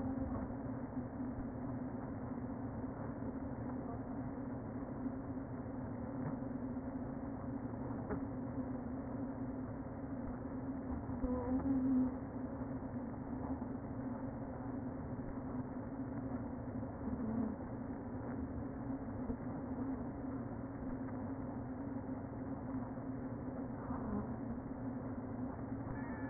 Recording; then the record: honeybee colony, microphone inside the hive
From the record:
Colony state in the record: queen present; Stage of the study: before two queens were removed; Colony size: about 60,000 bees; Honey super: yes